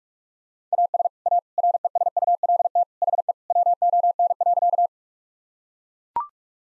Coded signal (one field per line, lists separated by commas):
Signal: Morse code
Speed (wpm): 41 wpm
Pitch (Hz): 700 Hz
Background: none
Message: AS A RESULT HE WON.